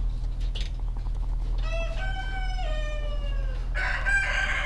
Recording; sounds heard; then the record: poultry house recording; sick chickens (respiratory disease)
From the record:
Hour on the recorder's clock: 17